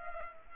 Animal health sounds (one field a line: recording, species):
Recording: mosquito wingbeat signal from an infrared sensor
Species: Culex pipiens